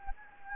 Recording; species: mosquito wingbeat signal from an infrared sensor; Anopheles gambiae